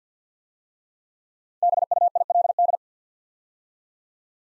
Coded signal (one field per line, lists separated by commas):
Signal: Morse code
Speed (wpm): 51 wpm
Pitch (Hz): 700 Hz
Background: none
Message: BUILD